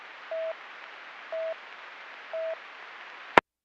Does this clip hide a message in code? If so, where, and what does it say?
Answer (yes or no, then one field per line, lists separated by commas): no